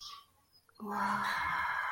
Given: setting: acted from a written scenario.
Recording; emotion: vocal sound without words; adoration